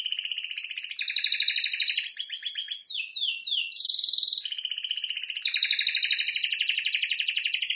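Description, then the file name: Canary song: long rapid trills and rolling buzzy tours, a few quick downslurred notes midway, then a bright sustained trill and more fast rolling phrases. "Canary Voice"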